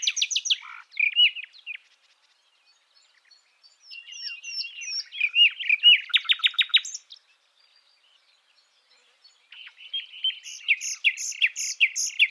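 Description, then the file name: Common nightingale with bursts of loud varied notes separated by silent gaps, including a rapid rattling series and a final repeated, rhythmic phrase. "Luscinia megarhynchos"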